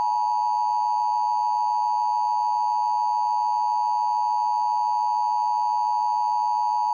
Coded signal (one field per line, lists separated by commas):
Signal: Emergency Alert System (SAME) tones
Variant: 853 and 960 Hz attention tone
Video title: (EAS #30) (1st Variant) Suddenlink / Optimum - Tornado Warning For Parkersburg WV (8/7/2023)